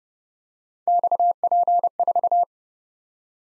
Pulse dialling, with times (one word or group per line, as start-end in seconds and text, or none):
none